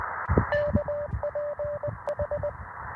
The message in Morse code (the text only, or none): KPH